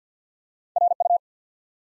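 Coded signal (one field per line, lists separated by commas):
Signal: Morse code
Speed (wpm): 50 wpm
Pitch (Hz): 700 Hz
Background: none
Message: R U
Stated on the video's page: Morse practice at 50 wpm: 3-letter words built one letter at a time for instant character recognition.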